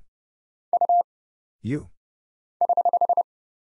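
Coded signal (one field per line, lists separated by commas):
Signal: Morse code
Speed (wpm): 30 wpm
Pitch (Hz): 700 Hz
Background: none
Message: U <HH>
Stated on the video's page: Morse practice drill at 30wpm: single letters, numbers, punctuation and prosigns for instant character recognition, each sent, spoken, then sent again.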